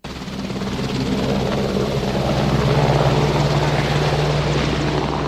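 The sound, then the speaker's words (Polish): An AW-101 multi-role helicopter from the PZL Świdnik aviation works, part of the Italian group Leonardo, roars steadily as it is shown for the first time in Poland. Its deep rotor drone and engine whine hold loud and constant throughout with no voices. “Zakłady lotnicze ze Świdnika po raz pierwszy w Polsce pokazały wielozadaniowy śmigłowiec AW-101”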